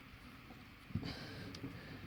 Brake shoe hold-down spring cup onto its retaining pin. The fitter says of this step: so we're squeezing it turn and it just locks into place like that